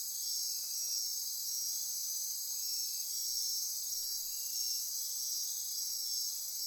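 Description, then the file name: Steady night insect chorus, high and shrill, a dense band of trilling with faint rhythmic pulsing underneath. Insect chorus recorded at midnight near Corcovado. "Wind-is-the-Original-Radio-Fridays 20240628 Andy-Martin Midnight-Insect-Chorus-Near-Corcovado"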